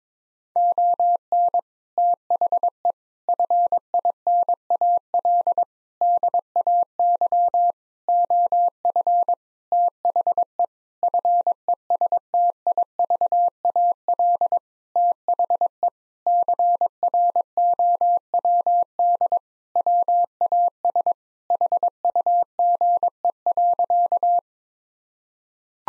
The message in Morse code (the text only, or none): ON THE FINAL DAY OF THE FESTIVAL THE CROWD WAS HUGE.